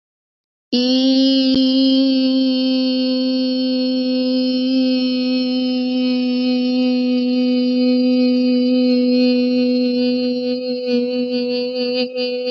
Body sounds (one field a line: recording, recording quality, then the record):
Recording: sustained vowel as in beet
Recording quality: excellent, no background noise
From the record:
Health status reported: respiratory illness, not identified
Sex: female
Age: 22 years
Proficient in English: yes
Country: India